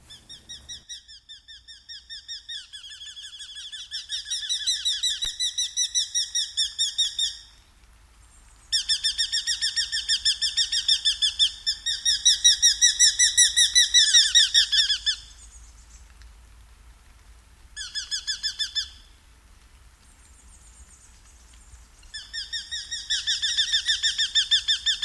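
A Eurasian hobby calls in rapid, chattering series of sharp, bright notes, each run lasting several seconds before a pause. The longest bouts fill the first fifteen seconds, with shorter bursts near 18 and 22 seconds. A faint, steady low rumble runs underneath.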